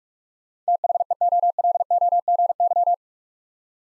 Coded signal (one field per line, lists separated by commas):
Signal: Morse code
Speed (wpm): 44 wpm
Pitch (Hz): 700 Hz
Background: none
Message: THEOLOGY